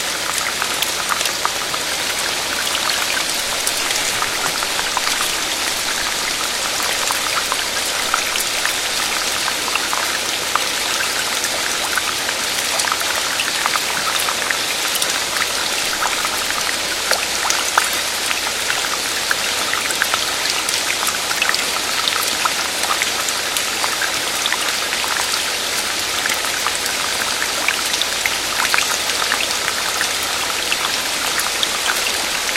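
Steady night rain falls without pause, a dense hiss of countless drops with frequent sharper taps scattered throughout and no lulls.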